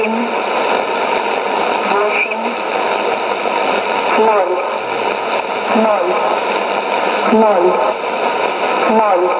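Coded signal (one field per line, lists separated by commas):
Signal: numbers station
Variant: S06s, Russian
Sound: woman's voice reading short Russian number words at even intervals through static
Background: radio static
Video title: 19 05 2017 Numbers station S06s Russian Lady in Russian to Eu 0944 on 9655 unknown tx site in CUSB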